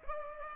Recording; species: mosquito wingbeat signal from an infrared sensor; Culex pipiens